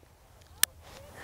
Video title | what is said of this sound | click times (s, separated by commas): DJI Pocket 3 filters by FREEWELL - Review | you can just give it a little nudge and you'll hear it click | 0.6 s